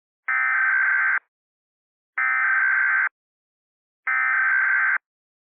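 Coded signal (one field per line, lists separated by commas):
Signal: Emergency Alert System (SAME) tones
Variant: header bursts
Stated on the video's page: Simulated Emergency Alert System scenario of a volcanic eruption, a fictional production made with voice actors.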